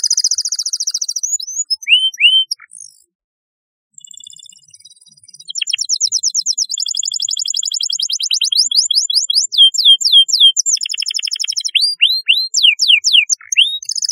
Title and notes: Kicau Burung Kenari